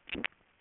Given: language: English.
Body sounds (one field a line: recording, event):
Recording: throat vibration sensor signal played as sound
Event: swallow